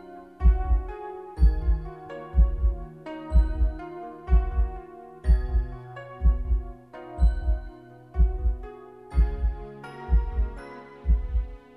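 A steady, regular heartbeat at about 62 beats per minute, with soft background music, meant to help babies sleep.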